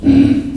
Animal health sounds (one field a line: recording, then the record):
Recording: squeal of a Yucatan mini pig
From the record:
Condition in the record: after surgery on the right vocal fold (resection and tissue-engineered implant)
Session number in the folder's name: 1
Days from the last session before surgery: 13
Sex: female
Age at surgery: 19 weeks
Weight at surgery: 25 kg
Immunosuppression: prednisolone